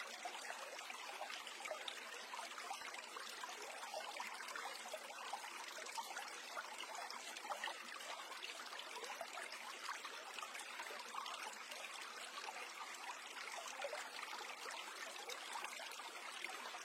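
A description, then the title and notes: A mountain brook runs steadily over the full length, a dense, even wash of bubbling and trickling water. The sound is bright, with fine gurgles crowding together and almost no low rumble. Nothing else stands out above the flow. The gurgling brook in the deep mountain stream.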